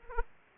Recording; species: mosquito wingbeat signal from an infrared sensor; Aedes aegypti